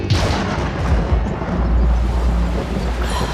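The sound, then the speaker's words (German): Rolling thunder with no rain, a continuous deep rumble that swells and surges in loud low booms throughout, with no voices present. “Diese schrecklichen Gewitter ohne Regen.”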